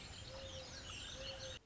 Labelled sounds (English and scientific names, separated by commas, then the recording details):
Mourning Dove (Zenaida macroura)
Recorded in Sonoma County, California